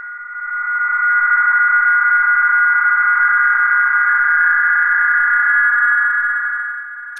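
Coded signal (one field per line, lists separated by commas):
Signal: PSK31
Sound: several steady warbling tones held together over band-limited hiss for seven seconds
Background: radio static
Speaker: you see the incoming decoded text appear and the received text window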